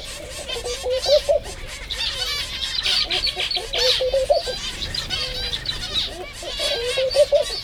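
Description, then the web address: White-handed gibbon calls, wavering hooted notes that rise and fall in short bursts, over a dense chorus of chattering birds throughout. Captive at Jászberény Zoo, 30 April 2016, with many bird species. "allathangok jaszberenyizoo 2016 madarak tobbfelemadar feherkezugibbonis 04 30"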